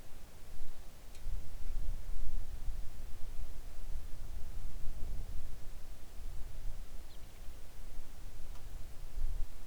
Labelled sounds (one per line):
songbird